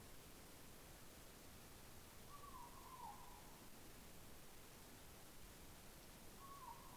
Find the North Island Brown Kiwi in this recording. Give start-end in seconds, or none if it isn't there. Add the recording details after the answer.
none. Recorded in New Zealand on 18 December 2013. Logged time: 22:59. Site CJ71